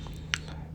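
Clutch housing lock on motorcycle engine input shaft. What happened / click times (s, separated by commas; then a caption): The metal retaining clip snapped into place / 0.3 s. On a TVS Apache 160 4V motorcycle engine, a mechanic presses the metal circlip-style lock that holds the clutch housing onto the input shaft. It gives one sharp, bright snap at 0.3 s, followed by a faint tick. The lock is seated smoothly.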